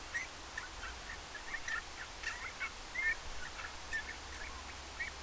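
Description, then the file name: Eurasian bullfinch giving soft, short piping whistles near the same pitch, scattered every second or so over a steady low background hum. "Pyrrhula pyrrhula"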